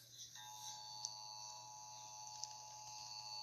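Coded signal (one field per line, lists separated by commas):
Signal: Emergency Alert System (SAME) tones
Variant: 853 and 960 Hz attention tone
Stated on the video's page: Fictional EAS scenario using valid EAS tones.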